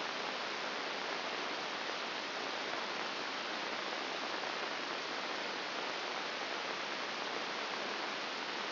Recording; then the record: brain microelectrode recording played as sound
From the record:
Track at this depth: inside the subthalamic nucleus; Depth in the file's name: 4.302 mm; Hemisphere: left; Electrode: 2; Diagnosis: Parkinson's disease